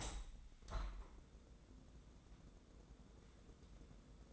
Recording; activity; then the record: daily activity, microphone in the room; open window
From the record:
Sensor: 3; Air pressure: 1012.3 hPa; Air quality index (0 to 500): 135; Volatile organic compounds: 2 ppm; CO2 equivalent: 1049 ppm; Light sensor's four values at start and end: 269/658/273/267 and 260/635/263/258